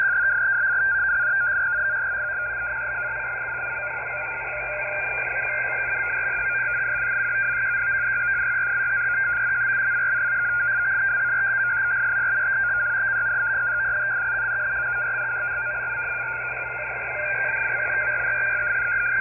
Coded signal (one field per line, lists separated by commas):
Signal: unidentified radio signal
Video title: 26.267 MHz USB FSK Data Stream With Pilot Carrier ??? [G8JNJ SDR] 5 Sept 2024